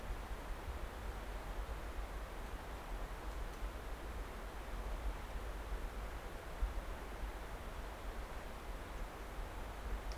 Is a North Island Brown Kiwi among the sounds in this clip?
no